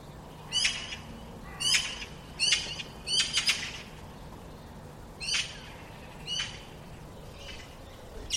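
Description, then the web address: Bird producing a series of short, raspy, scratchy calls spaced irregularly, some close together, over low steady hiss. "cianscape birddata Deverinetal"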